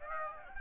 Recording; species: mosquito wingbeat signal from an infrared sensor; Aedes aegypti